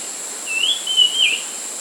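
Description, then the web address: White-chested babbler whistle: one drawn-out, slightly wavering high whistle over a steady high-pitched insect drone. Recorded at Danum on 28 June 2008. "DANUM 20080628. white-chested babbler"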